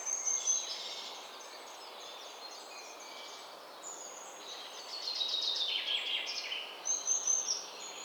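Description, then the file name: Common chaffinch song: a descending series of bright notes, with thin high whistles before and after, against steady hiss. "Fringilla coelebs"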